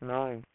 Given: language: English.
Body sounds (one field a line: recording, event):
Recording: throat vibration sensor signal played as sound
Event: speech